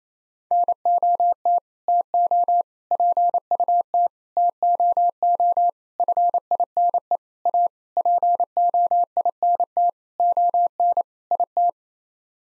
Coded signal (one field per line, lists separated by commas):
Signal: Morse code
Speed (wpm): 28 wpm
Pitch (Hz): 700 Hz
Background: none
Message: NOT TO PUT TOO FINE A POINT ON IT